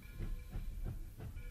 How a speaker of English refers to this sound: It's a train.